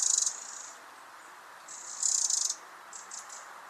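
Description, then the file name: Eurasian wren producing two quick, high, dry rattles about two seconds apart, with faint ticks afterward over a steady hiss. "Troglodytes troglodytes"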